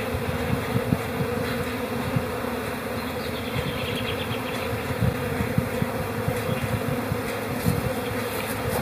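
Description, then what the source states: Honey bee hive buzzing in a constant drone with low thumps, while a short high bird trill slides down partway through. Honey bee hive chatter recorded in April; a robin joins in.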